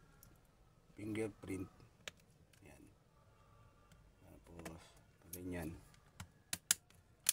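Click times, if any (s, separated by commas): 6.5 s, 6.7 s, 7.3 s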